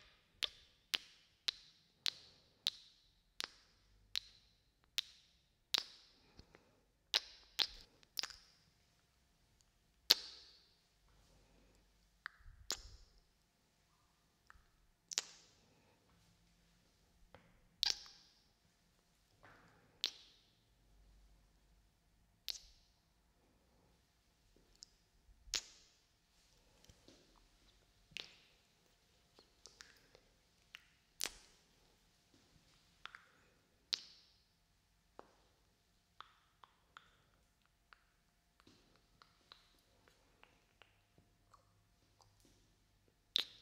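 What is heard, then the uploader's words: Kiss sounds: short, wet lip smacks with a bright, crisp snap. They come quickly for the first ten seconds, then space out to one every two or three seconds, sometimes in little pairs, over near silence with a faint low hum. ASMR BINAURAL KISS SOUNDS.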